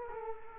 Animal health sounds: mosquito wingbeat signal from an infrared sensor; Culex quinquefasciatus

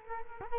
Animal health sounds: mosquito wingbeat signal from an infrared sensor; Culex quinquefasciatus

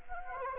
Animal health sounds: mosquito wingbeat signal from an infrared sensor; Anopheles arabiensis

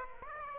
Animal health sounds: mosquito wingbeat signal from an infrared sensor; Aedes aegypti

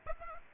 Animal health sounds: mosquito wingbeat signal from an infrared sensor; Aedes aegypti

